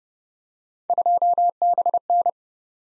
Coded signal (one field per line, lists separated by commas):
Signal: Morse code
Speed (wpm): 29 wpm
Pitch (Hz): 700 Hz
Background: none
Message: 2BN